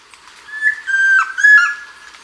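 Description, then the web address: Chestnut-crowned antpitta whistling a short, clear three-note call against faint hiss. Ecuador, South America. "Birds of Ecuador 2. Chestnut-Crowned Antpitta"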